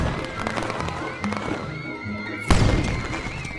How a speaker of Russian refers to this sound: Дети нашли петарду. Они их поджигают и бросают в сторону.